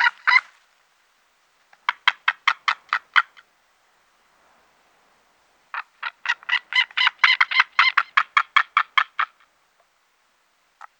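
White-tailed eagle yelping calls: short harsh notes in rapid bursts, a brief burst and a short series, then a longer run of about twenty notes, separated by silent pauses.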